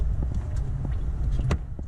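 A plastic radiator drain plug is pushed into the radiator drain port of a 1994 Chevrolet C1500, with its tabs held parallel to the radiator. Over a steady low rumble and a couple of faint taps near 0.2 and 1.8 seconds, a sharp, bright snap at 1.5 seconds marks the plug seating. The plug is confirmed to have snapped right in.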